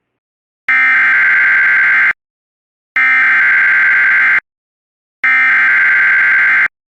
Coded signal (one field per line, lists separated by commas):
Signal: Emergency Alert System (SAME) tones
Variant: header bursts